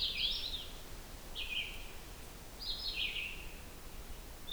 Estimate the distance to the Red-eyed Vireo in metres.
about 35 m